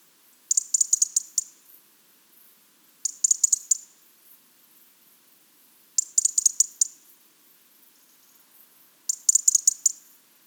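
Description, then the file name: European robin giving rapid bursts of sharp, high ticking clicks, each burst about a second long, repeated roughly every three seconds. "Erithacus rubecula"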